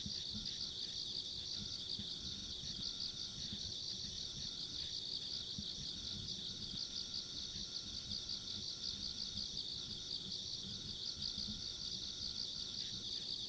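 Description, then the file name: Insects in a continuous high chorus, a steady shrill band of trilling with faint pulsed chirps above, over a low rumbling background. Ambient insect sounds along a rural country road. "田舎道の虫の環境音"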